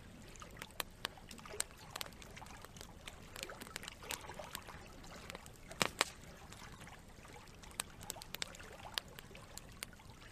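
A campfire crackles beside running water. Sharp pops and snaps land irregularly every second or so, with a loud cluster near six seconds, over a steady low rush and trickle of the stream that runs evenly through the whole clip.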